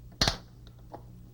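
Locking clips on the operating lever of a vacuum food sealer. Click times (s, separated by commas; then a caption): 0.2 s. The plastic operating lever of a FoodSaver Compact II vacuum food sealer is pressed down, and its locking clips let go with one sharp click at 0.2 s, since pressing down releases them. A few faint, brief ticks follow at about 0.7 s and 0.9 s over a low steady hum, and the clips end released.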